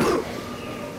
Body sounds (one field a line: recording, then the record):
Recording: coughing mixed with background sound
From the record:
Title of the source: Coughing 77